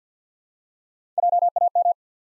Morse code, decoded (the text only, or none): J A M